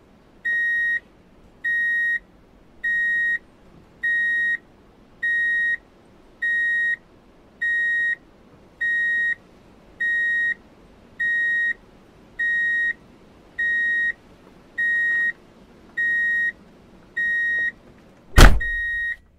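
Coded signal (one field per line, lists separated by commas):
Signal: none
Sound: a vehicle's reversing beeper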